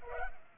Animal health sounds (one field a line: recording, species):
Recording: mosquito wingbeat signal from an infrared sensor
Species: Culex pipiens